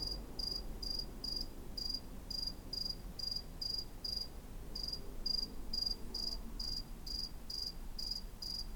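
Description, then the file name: Cricket giving shrill chirps, roughly two each second, over a soft low background hum. "CRICKET ON CATS CREEP"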